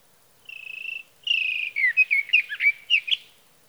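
Sage thrasher: a steady buzzy note followed by a long sliding note that flows into a quick, tumbling warble of varied phrases.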